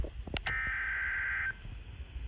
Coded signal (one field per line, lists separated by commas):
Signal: Emergency Alert System (SAME) tones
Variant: header bursts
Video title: Tornado watch #83 (EAS #195) (Radios: midland WR400, WR120EZ) 4-4-22 at 10:41PM